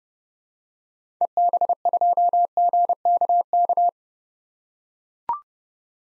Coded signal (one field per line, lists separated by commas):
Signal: Morse code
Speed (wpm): 30 wpm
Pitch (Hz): 700 Hz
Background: none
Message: EB2GKK